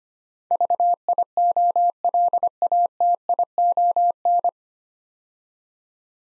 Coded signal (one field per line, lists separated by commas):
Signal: Morse code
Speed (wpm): 25 wpm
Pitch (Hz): 700 Hz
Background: none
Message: VIOLATION